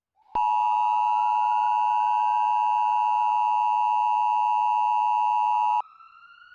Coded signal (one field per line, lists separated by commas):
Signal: Emergency Alert System (SAME) tones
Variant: 853 and 960 Hz attention tone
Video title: (EAS Scenario) The San Diego Spectacular